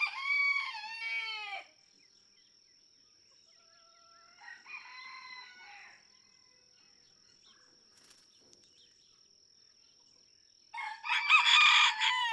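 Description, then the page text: Red junglefowl (chicken): rooster crows: a loud crow, a fainter one a few seconds later, then a loud harsh crow near the end. Several domestic roosters (chickens) in a barnyard just outside Mammoth Cave National Park, Kentucky, USA, June 2, 2010; each rooster crows differently, illustrating individual song differences. "Birdsong for the Curious Naturalist. Red junglefowl (chicken) No two roosters crow alike in this Kentucky barnyard. June 2, 2010. Just outside Mammoth Cave National Park, Kentucky"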